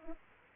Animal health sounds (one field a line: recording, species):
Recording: mosquito wingbeat signal from an infrared sensor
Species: Aedes aegypti